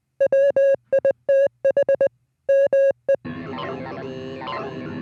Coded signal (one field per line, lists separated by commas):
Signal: Morse code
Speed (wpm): 20 wpm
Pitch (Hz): 550 Hz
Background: music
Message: WITH ME